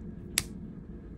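A plastic cap is pushed onto a felt-tip marker and snaps fully closed with one sharp, bright click at 0.4 seconds. The cap is seated over a quiet low background, with a faint tick near the end.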